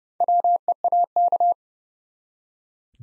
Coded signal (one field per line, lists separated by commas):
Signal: Morse code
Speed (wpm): 29 wpm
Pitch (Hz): 700 Hz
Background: none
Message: WEAK